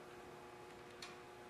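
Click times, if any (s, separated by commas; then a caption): none. A torque wrench tightens a cylinder head bolt on the small OHV engine of a lawn tractor, with faint ratchet ticks over a steady hum and one sharper tick at about 1.0 s. The wrench has not clicked at its setting yet, so the bolt is not yet at torque and the work moves on to the next bolt.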